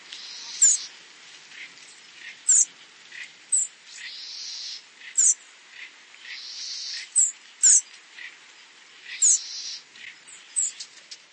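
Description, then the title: Bird singing high, clipped notes repeated every second or two, mixed with hissing, buzzy phrases over a quiet background. "LuckyPassaro Completos2Sama"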